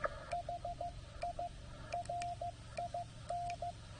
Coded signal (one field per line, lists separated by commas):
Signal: Morse code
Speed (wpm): 15 wpm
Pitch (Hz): 690 Hz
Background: radio noise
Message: HI RIN